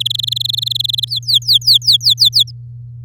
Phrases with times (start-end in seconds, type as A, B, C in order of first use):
0.00-1.05 A, 1.07-2.51 B